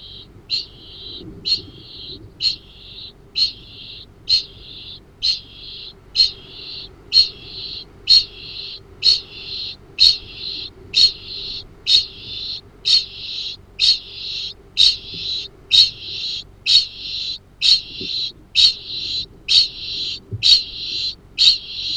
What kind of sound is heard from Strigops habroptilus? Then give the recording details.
ching call. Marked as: faintness 2/5, faintness 1/5. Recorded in New Zealand. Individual Arab